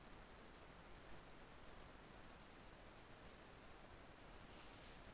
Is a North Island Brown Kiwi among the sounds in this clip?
no